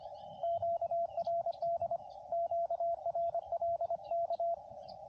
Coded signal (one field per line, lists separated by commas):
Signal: Morse code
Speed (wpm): 25 wpm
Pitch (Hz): 680 Hz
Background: radio noise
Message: QRD QRLK